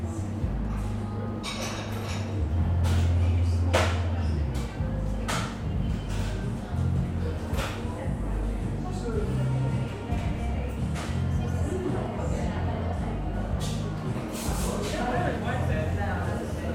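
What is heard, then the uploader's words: A busy coffee shop with a steady murmur of overlapping chatter over a low, constant machine hum that swells briefly around the third second. Sharp clinks of cups and crockery ring out every few seconds throughout. Cozy Coffee Shop Ambiance. The bustling ambiance of an English seaside town coffee shop. The sounds of clinking cups, whirring espresso machines, and lively chatter. This binaural field recording captures the vibrant atmosphere of a busy coffee shop.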